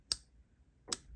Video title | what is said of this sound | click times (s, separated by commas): Deltalith Bellamy Overview | See how it pops into place and engages perfectly? | 0.1 s